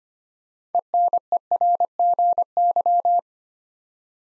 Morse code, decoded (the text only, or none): ENERGY